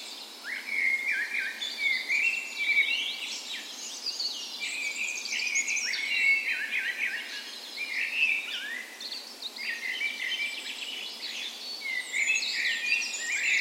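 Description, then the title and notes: Dawn chorus with many singing birds, sharp chirps and sliding whistled phrases overlapping densely across the whole stretch. Dawn chorus in a park west in Bergen, Norway, on the morning of 17 May, Norway's National Day, in full spring; Sony PCM A10 recorder with LOM Usi microphones mounted as tree ears. "17th Of May Dawn Chorus. Recorded on the morning of Norways National Day the 17th of May in a park west in Bergen. Spring is in full effect, and the dawn chorus sounds wonderful!"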